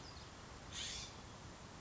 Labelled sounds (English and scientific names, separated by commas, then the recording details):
California Scrub-Jay (Aphelocoma californica)
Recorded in Sonoma County, California